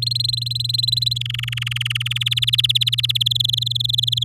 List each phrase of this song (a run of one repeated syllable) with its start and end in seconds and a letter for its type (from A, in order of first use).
0.02-1.18 A, 1.21-2.18 B, 2.21-3.17 C, 3.20-4.24 D